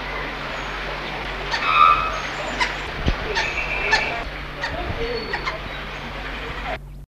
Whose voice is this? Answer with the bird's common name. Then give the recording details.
Philippine Falconet. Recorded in captivity. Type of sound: call. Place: Vogelpark Walsrode, Niedersachsen, DE. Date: 1978-10-02. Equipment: Halbspur, 9,5 cm/s. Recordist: Lütgens, Hans. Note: Kurzlaute